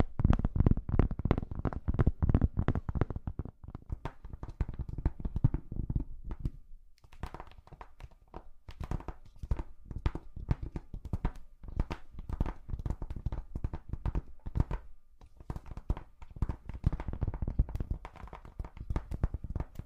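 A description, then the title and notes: Quick, dense tapping runs through the whole clip, with thudding low taps packed together for the first six seconds. Around seven seconds it thins to lighter, sparser clicks, then grows busier and fuller again toward the end, fast and slightly irregular. Charming Tapping.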